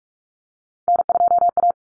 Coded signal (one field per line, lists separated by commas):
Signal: Morse code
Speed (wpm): 44 wpm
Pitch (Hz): 700 Hz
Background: none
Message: N2A